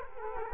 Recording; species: mosquito wingbeat signal from an infrared sensor; Culex quinquefasciatus